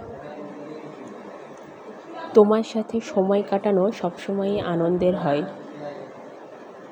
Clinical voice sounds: elicited speech; Bengali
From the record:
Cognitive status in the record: cognitively healthy

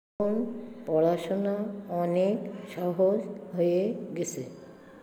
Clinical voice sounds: elicited speech; Bengali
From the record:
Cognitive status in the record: dementia

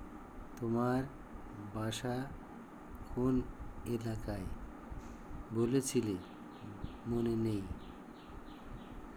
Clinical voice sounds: elicited speech; Bengali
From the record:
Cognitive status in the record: dementia

